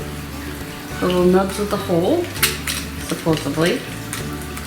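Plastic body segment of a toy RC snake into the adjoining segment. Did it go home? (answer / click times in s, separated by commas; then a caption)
no / none. Someone talks while lining up the small nubs on a plastic body segment of a Five Below remote control cobra toy snake with the holes in the adjoining segment. Brief handling noises come at about 2.7, 4.1 and 4.6 seconds over a steady background hiss. Nothing has seated or clicked yet.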